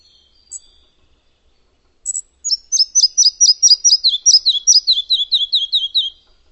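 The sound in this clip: Bird song: two brief high chips, then a rapid, even series of downslurred chirps that step lower in pitch over about four seconds, with silence around.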